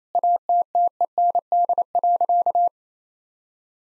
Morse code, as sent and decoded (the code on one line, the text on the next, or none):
.- - - . -. -.. .-.-.-
ATTEND.